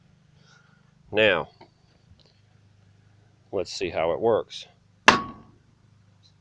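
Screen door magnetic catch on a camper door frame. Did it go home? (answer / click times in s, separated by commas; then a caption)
yes / 5.1 s. A camper screen door is swung closed onto a homemade magnetic catch made from a hard drive magnet on the camper door frame. Someone talks, then the magnet grabs the metal with one loud, sharp snap at 5.1 seconds. The door catch snaps shut and holds.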